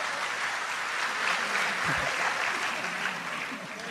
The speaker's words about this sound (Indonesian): Tepuk tangan untuk Gus Kausar gak apa-apa.